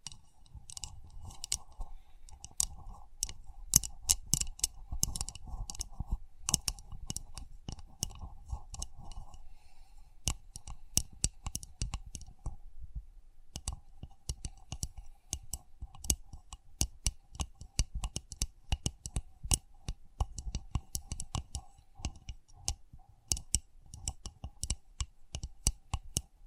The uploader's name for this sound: Sensitive Tapping